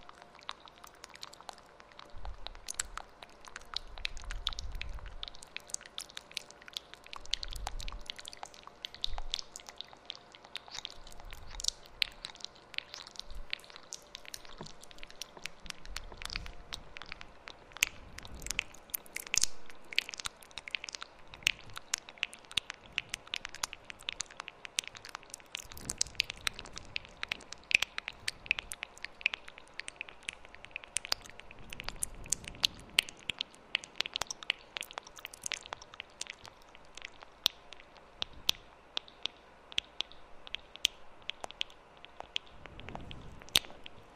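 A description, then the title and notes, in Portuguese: Mouth sounds with echo: a dense, irregular stream of wet clicks, pops and smacks runs for the whole clip, bright. Occasional soft low thumps land underneath, and a faint steady hum sits in the background throughout. Uma hora de ASMR de sons de boca com eco no microfone 3DIO.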